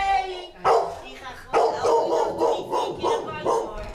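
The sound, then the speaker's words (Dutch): A dog barks in a run of short, sharp bursts at a house where two dogs live, six or so loud yaps in an uneven rhythm, with a voice faintly underneath. “We gaan naar een adres waar 2 honden verblijven”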